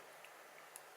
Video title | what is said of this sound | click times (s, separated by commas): Hornby Bulleid NEM pocket | good positive click, and all good. | 0.8 s